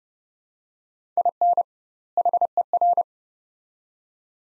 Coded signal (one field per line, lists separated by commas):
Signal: Morse code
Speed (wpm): 31 wpm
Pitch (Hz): 700 Hz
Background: none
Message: IN HER